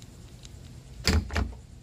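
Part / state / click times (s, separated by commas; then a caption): front hood latch on a sports car / released / 1.1 s, 1.4 s. A remote double press releases the front hood latch on a 2020 C8 Corvette sports car, heard as two separate clicks at 1.1 s and 1.4 s over a low background hum. The first click frees the electronic safety latch and the second frees the hood fully, leaving the hood completely released.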